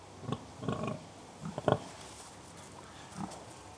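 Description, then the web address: Pig grunts, several gruff, throaty grunts close together, then a single softer grunt near the end. Three pigs grunting occasionally; livestock. "BBC Sound Effects Library BBC Livestock Three Pigs Grunting Occasionally"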